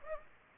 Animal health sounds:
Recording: mosquito wingbeat signal from an infrared sensor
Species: Anopheles gambiae

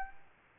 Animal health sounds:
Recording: mosquito wingbeat signal from an infrared sensor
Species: Aedes aegypti

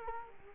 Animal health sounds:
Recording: mosquito wingbeat signal from an infrared sensor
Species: Culex quinquefasciatus

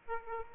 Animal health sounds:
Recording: mosquito wingbeat signal from an infrared sensor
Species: Aedes aegypti

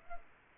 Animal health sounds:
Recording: mosquito wingbeat signal from an infrared sensor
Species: Aedes aegypti

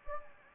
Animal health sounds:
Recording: mosquito wingbeat signal from an infrared sensor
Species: Anopheles gambiae

